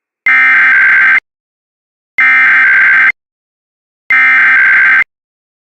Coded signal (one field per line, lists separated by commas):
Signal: Emergency Alert System (SAME) tones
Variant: header bursts